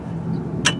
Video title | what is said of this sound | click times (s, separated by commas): Installation Video For 2025-2026 Cadillac Escalade | push it till it clicks into place, and you're done. | 0.7 s